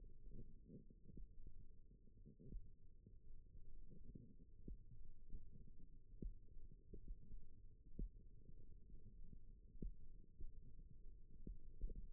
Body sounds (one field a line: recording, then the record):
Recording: forearm muscle sounds (acoustic myography)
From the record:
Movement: index flexion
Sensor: system 1, eight BSWA MPA416 microphones around the upper forearm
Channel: 4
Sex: female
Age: 21 years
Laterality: right